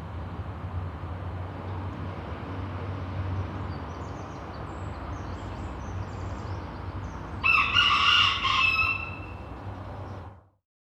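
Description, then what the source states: Chicken: rooster crowing once in the later part, a brief harsh crow over steady low traffic noise before the sound cuts out. Recorded with traffic.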